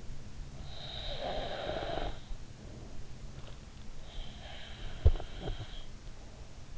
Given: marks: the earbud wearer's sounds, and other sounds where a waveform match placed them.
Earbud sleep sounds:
sounds in sleep by an in-ear microphone; snoring breath, breath
0.42-2.62 s: snoring breath
4.34-6.02 s: breath

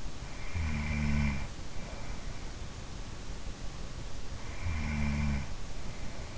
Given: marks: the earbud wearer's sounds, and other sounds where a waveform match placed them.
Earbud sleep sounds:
sounds in sleep by an in-ear microphone; snoring breath
0.37-2.22 s: snoring breath
4.29-6.37 s: snoring breath

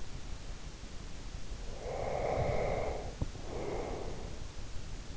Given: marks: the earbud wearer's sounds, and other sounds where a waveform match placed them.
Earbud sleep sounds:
sounds in sleep by an in-ear microphone; breath
1.64-4.55 s: breath

